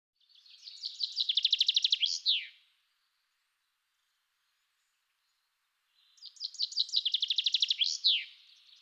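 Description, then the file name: Common chaffinch singing two full songs about six seconds apart, each a run of high repeated notes finished with a sweeping downward flourish. "vink"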